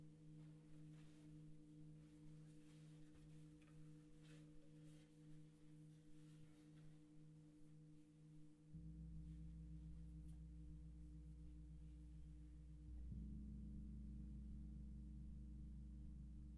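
Singing bowls and a gong hum with steady, sustained low tones that pulse gently in the first part. Around nine seconds a deeper, louder drone enters, and near thirteen seconds it swells again, thickening into a rich, throbbing low wash.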